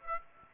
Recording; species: mosquito wingbeat signal from an infrared sensor; Aedes aegypti